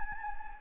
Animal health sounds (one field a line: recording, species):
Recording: mosquito wingbeat signal from an infrared sensor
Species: Anopheles gambiae